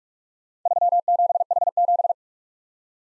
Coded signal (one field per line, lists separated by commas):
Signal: Morse code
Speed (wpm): 45 wpm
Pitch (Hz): 700 Hz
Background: none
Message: 37H7